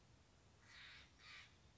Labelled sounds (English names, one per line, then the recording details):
Steller's Jay
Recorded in Sonoma County, California